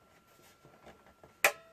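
The plastic air multiplier loop of a Dyson Pure Cool AM11 is lined up on the two tabs of the air purifier base and pushed down. Soft handling rustles and a faint tap at 1.2 s lead to one sharp, loud click at 1.4 s. The loop is seated on the base, with both sides clicked into place.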